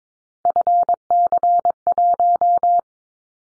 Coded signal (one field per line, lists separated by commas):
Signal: Morse code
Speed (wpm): 22 wpm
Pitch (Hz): 700 Hz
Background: none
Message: FC1